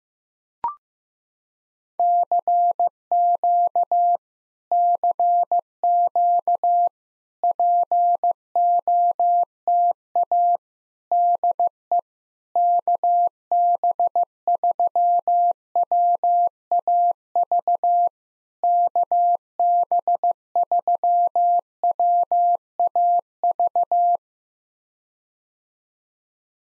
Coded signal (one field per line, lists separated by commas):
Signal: Morse code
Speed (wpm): 15 wpm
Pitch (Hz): 700 Hz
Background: none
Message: CQ CQ POTA DE KB3WAV KB3WAV